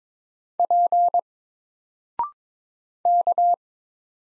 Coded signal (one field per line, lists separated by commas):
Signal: Morse code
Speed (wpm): 22 wpm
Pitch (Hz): 700 Hz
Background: none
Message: P K